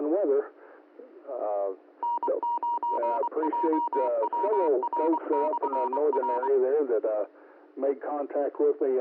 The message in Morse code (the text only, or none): N9JWR/R